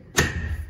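A drawer rail for an IKEA Komplement wardrobe (same for the Hemnes series) is pushed up into the holes of the wardrobe frame. A single sharp thump at 0.2 s is followed by a short ringing tail. The rail is clipped in, secure and won't come out.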